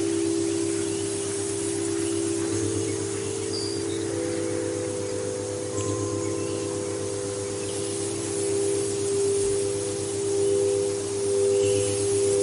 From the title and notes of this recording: 8-14 Hz - Alpha - Light Breeze with singing bowls in the Redwood Trees.